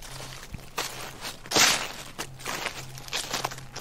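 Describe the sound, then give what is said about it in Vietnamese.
Quick, hurried footsteps rustle and crunch over dried medicinal leaves laid out to dry in a yard, in a steady rhythm of crackly bursts, one step landing noticeably louder, with a faint low hum beneath and no talking. “càng lúc càng rõ tiếng bước chân sột soạt dẫm lên đám lá thuốc khô mà mẹ cô phơi ở ngoài.”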